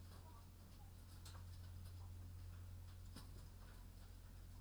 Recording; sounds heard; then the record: poultry house recording; sick chickens (respiratory disease)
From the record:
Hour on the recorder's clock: 22